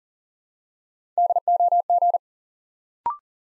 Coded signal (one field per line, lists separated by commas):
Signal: Morse code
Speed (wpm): 38 wpm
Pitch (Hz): 700 Hz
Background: none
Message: DOG